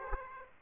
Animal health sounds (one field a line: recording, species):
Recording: mosquito wingbeat signal from an infrared sensor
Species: Aedes aegypti